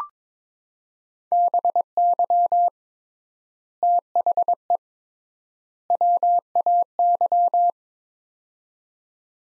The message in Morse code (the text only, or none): BY THE WAY